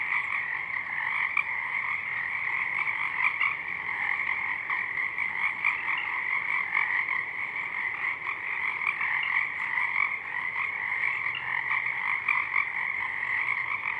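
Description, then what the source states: Pacific chorus frogs in a dense chorus of overlapping croaking calls, a continuous rattling din with no pauses and no other sounds standing out. Many frogs calling in full chorus at dusk; double mid-side recording downmixed to stereo.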